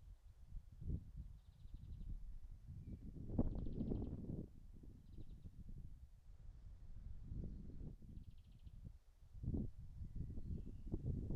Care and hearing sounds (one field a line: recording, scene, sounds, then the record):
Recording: everyday scene through a hearing-aid microphone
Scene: wind on the microphone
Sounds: wind, birds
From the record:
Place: in front of a rural house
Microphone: behind the ear, right, front